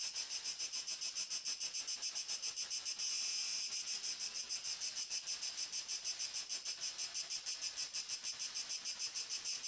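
Cricket chirps: high, shrill pulsed trills repeated rapidly, with one brief louder burst midway.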